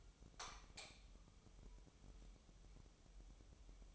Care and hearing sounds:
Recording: daily activity, microphone in the room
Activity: light on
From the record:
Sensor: 1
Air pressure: 988.4 hPa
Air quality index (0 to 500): 198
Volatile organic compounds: 1000 ppm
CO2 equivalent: 5292 ppm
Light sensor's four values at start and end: 8/22/8/10 and 12/37/14/16

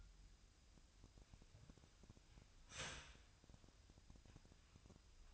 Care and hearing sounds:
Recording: daily activity, microphone in the room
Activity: start toaster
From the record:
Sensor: 2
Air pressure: 1001.8 hPa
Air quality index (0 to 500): 245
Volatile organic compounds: 36 ppm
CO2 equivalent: 3087 ppm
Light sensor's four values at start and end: 9/30/12/11 and 9/30/12/11

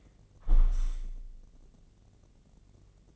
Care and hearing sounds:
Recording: daily activity, microphone in the room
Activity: close window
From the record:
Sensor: 4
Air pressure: 1013.0 hPa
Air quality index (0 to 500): 168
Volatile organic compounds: 2 ppm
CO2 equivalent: 1062 ppm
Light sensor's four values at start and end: 38/94/38/39 and 38/94/38/39

